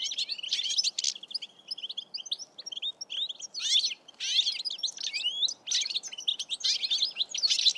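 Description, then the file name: European goldfinch singing a long, rapid twittering stream of tinkling notes and buzzy trills, with brief pauses between bursts and faint background hiss. "Carduelis carduelis"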